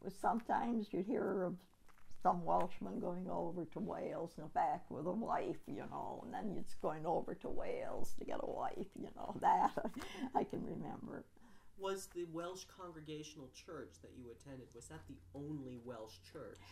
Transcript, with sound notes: Sometimes you'd hear of some Welshman going over to Wales and back with a wife, you know. And then it's going over to Wales to get a wife, you know. That [Laughs]
Was the Welsh Congregational Church that you attended, was that the only Welsh church?